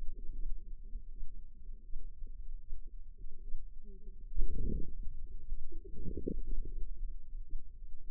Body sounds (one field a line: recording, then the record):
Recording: forearm muscle sounds (acoustic myography)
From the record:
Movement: wrist flexion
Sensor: system 2, bracelet of six BSWA MPA416 microphones around the upper forearm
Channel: 2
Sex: female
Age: 25 years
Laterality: right